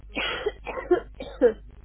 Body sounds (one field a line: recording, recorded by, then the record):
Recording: voluntary cough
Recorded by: telephone call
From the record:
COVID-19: positive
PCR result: self-reported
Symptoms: no